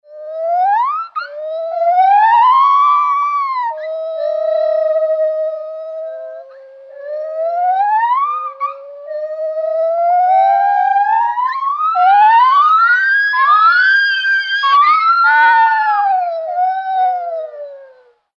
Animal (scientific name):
Hylobates lar